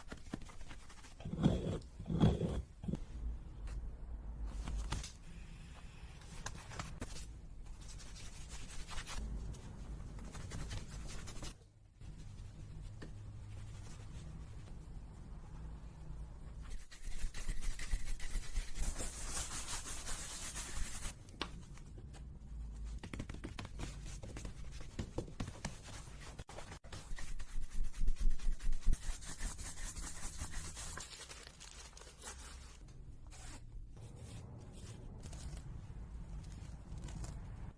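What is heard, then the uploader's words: A shoeshiner works, with rubbing and brushing strokes coming in quick, uneven bursts throughout. A few sharp knocks land near the start, and around 17 to 21 seconds a brighter, hissing brush sound takes over before the steady rubbing resumes. Shoeshiner at Work.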